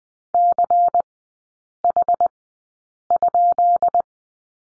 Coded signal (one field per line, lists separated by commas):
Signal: Morse code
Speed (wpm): 20 wpm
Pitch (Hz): 700 Hz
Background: none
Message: CH?